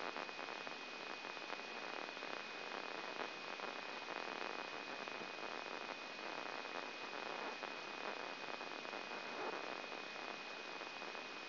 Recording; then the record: brain microelectrode recording played as sound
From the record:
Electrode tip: inside the subthalamic nucleus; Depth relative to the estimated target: 2 mm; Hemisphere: left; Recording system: AlphaMap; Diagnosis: Parkinson's disease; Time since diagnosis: 14 years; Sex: male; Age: 56 years